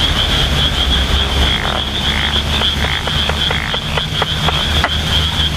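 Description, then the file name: Japanese wrinkled frog croaks: a few rasping pulses and a series of quick clicks, with a low hum and a steady high whine. "tsuchigaeru"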